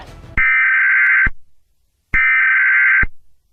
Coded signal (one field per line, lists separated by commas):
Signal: Emergency Alert System (SAME) tones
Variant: header bursts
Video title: Eas Alarms 100 Millon Countrys